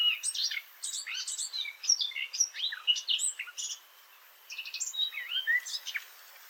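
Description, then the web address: Eurasian blackcap song: a fast, dense warble of varied chirps and whistles with a short pause midway. "sylvia atricapilla call"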